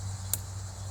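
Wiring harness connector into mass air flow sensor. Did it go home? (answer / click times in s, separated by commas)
yes / 0.3 s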